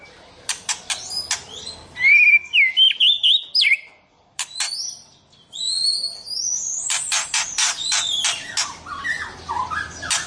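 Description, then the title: White-rumped shama song: warbled whistles between bursts of sharp clicks and rattles. "Kicau Murai Batu"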